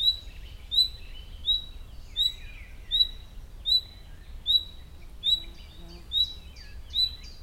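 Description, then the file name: Common nightingale sounding one short, piercing whistle over and over at an even rhythm, with quieter bird chatter and a low background rumble. "Luscinia megarhynchos"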